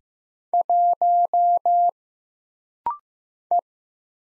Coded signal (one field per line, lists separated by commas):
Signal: Morse code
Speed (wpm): 15 wpm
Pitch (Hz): 700 Hz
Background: none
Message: 1 E